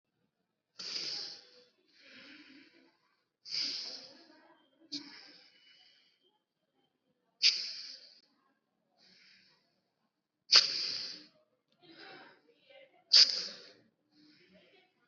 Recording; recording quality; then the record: deep breathing; excellent, no background noise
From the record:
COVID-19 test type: RT-PCR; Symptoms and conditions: cough, sore throat, fever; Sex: male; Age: 20 years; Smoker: no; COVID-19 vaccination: both doses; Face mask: worn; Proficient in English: yes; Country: India